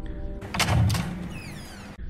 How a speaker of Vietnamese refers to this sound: Có tiếng mở cửa phòng bên cạnh. Là phòng của ba mẹ.